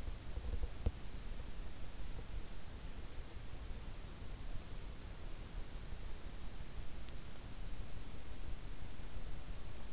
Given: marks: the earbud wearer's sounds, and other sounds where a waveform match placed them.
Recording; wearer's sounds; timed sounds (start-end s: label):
sounds in sleep by an in-ear microphone; teeth grinding
0.00-1.11 s: teeth grinding